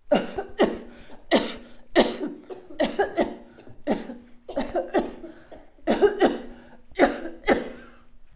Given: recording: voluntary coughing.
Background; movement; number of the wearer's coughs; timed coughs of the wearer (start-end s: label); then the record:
a bystander coughing; sitting; 13
0.09-0.50 s: cough
0.57-0.92 s: cough
1.29-1.59 s: cough
1.93-2.43 s: cough
2.77-3.10 s: cough
3.15-3.44 s: cough
3.86-4.16 s: cough
4.55-4.85 s: cough
4.92-5.28 s: cough
5.85-6.14 s: cough
6.18-6.40 s: cough
6.97-7.32 s: cough
7.45-7.71 s: cough
From the record:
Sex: female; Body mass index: 21.8 kg/m2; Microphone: on the chest, facing outward